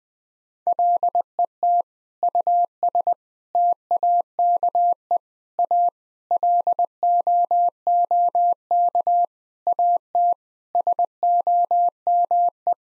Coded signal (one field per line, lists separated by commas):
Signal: Morse code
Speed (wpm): 20 wpm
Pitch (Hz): 700 Hz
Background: none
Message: LET US TAKE A LOOK AT SOME